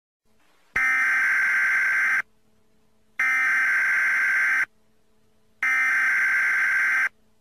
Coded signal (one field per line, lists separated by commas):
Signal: Emergency Alert System (SAME) tones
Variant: header bursts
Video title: [EAS] Local 58 - References (Fan Work)